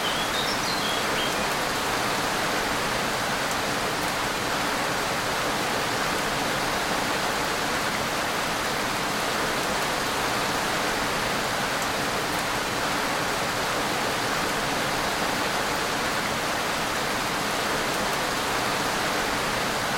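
Rain falls in a steady, dense hiss that holds level for the full twenty seconds. The sound sits mostly in the middle and upper range, with little low rumble underneath, and no distinct single drops or separate events stand out.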